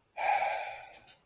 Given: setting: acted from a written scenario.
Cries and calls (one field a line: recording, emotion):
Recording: vocal sound without words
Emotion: guilt